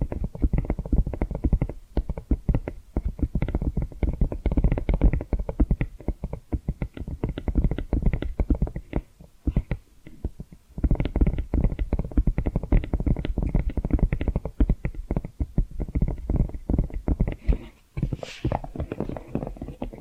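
Rapid tapping and scratching runs almost without a break, a dense patter of short, soft hits weighted toward the low end. It eases briefly around ten seconds, and a sharper, brighter scrape stands out near eighteen seconds before the tapping resumes.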